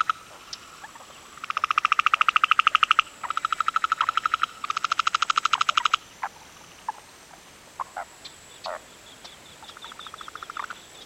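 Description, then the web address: Frog calls: three long rapid rattling bursts, then sparser single clicks and a short trill. Afternoon in a national park in Pakistan; many frogs, some close up. "BBC. pakistan many frogs some close up also birds insects and wind in trees"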